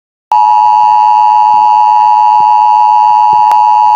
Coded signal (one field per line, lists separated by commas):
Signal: Emergency Alert System (SAME) tones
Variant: 853 and 960 Hz attention tone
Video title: Eas Mock Extreme Rain Warning